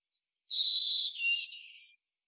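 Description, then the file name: European robin sound: a faint high tick, then a sustained pure whistle that slides down and fades, about one and a half seconds long, with no other sounds. "Erithacus rubecula"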